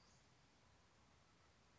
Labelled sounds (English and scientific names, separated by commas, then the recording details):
Western Flycatcher (Empidonax difficilis)
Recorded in Sonoma County, California